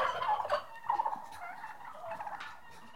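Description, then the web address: Turkeys gobbling, warbling, bubbling calls that swell and fade in short overlapping bursts. Six-month-old turkeys, livestock. "The BBC Sound Effects Library. Turkeys 6 Months Old"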